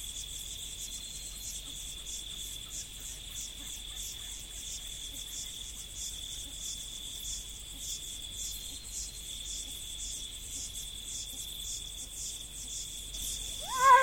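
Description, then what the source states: Insects keep up a steady high-pitched trill with rapid pulses above it, and a louder rising call breaks in at the very end. Heard in prairie together with jackals.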